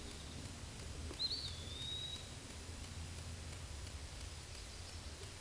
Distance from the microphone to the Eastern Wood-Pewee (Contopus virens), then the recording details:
about 25 m. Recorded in a Pennsylvania forest on 18 May 2023 at 13:39. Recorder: AudioMoth, point grid1_38_low. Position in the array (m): 203 m, 175 m